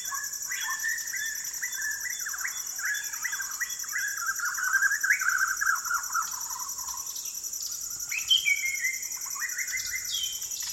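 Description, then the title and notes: White-crowned shama singing a long run of mellow whistles and warbled notes, sometimes overlapping, with an insect chorus droning high above. Several birds giving fluting calls in a dusk chorus at sunset over a rainforest valley in Maliau NP, Borneo; recorded with Sony PCM D10, Lom MikroUsi mics and BubbleBee Windbubbles. "Borneo Rainforest - Evening - Dusk Chorus With Shama. The fluting calls of White-crowned shamas fill the valley as the sun sets over the jungles of Maliau NP, Borneo"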